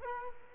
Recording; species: mosquito wingbeat signal from an infrared sensor; Culex quinquefasciatus